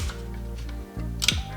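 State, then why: Seated. A plastic door trim piece is pushed one-handed into a Tacoma truck door until its clip engages. Over a steady low background, two sharp plastic snaps sound at 1.2 s and 1.3 s as the clip seats, and the piece is confirmed clipped in.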